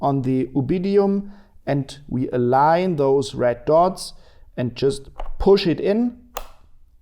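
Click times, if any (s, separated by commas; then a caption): 6.4 s. Someone talks while a ground antenna cable plug is lined up by its red dots with the expansion port on the timing unit and pushed in. A short, sharp click at 6.4 s marks the plug seating fully in the port.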